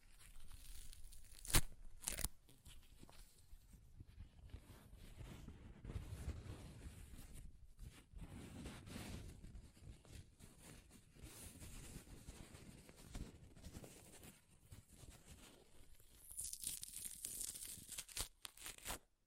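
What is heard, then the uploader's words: Paper is torn, with two sharp, bright rips near the two-second mark. Most of the stretch after that is quieter rustling and crinkling, uneven and low, before a hissy ripping burst returns around seventeen seconds and then cuts off. ASMR Paper Ripping Tearing Sounds (No Talking).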